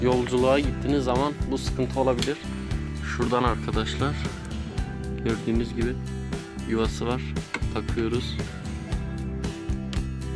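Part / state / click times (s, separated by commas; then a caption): rear door child safety lock switch turned with a key in a car door / seated / 9.9 s. The ignition key is inserted into the child lock slot on the edge of a Volkswagen's rear door and turned while someone talks over background music. The small plastic child safety lock switch clicks into its engaged position at 9.9 s.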